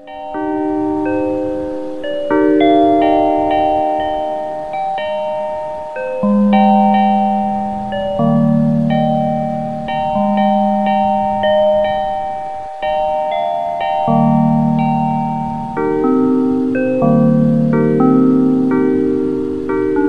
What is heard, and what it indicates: Widex ZEN Melodie Aqua. Widex tinnitus therapy.